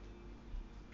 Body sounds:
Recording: background sound without coughing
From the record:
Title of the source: BackgroundMusic

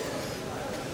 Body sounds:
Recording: coughing mixed with background sound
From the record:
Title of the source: 55 gaggy wet cough

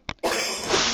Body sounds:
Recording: coughing mixed with background sound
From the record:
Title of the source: 61 morning phlegmy cough...again

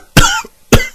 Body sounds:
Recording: coughing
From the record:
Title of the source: Coughing 51

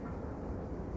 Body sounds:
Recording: background sound without coughing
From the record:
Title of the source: Train Ride Ambience ambient white noise for sleeping, focus, studying, reading

